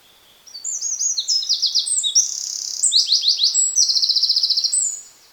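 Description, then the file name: Eurasian wren song: a brisk, piercing sequence of high chattering trills and quick buzzy notes, sustained for about four and a half seconds. "Troglodytes troglodytes"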